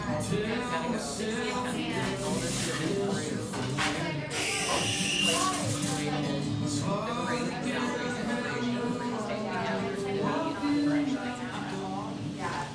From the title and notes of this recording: Seattle, Washington. Café sounds from a little drip coffee joint in eastern Seattle.